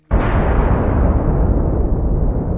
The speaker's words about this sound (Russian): Яркая молния сверкала в руках Зевса. Удары грома потрясали дворец Кадма.